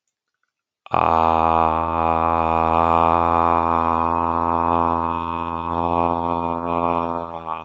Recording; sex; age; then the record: vowel held as long as possible; male; 30 to 39 years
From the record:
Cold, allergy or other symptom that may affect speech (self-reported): no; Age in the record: 39 years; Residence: United States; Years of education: 18